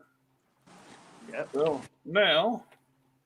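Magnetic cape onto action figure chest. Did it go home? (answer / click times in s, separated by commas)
no / none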